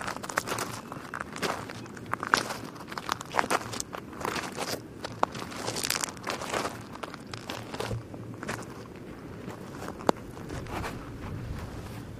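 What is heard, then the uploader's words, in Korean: Footsteps crunch and shuffle across sand on a beach, each step a gritty, hissing scrape arriving about once or twice a second at a steady walking pace. A low, constant rumble of wind or surf sits underneath, with a few sharp little clicks here and there. 사각사각 스르륵스르륵 모래를 밟는 해변가.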